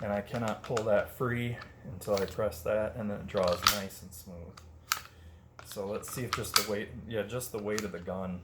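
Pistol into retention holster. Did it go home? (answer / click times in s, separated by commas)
no / none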